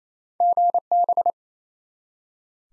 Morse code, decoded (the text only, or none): GB